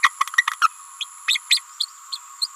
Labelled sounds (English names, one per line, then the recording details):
Green-rumped Parrotlet babbling
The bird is a female
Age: 28 days
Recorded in a nest box in Venezuela
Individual 17B31A3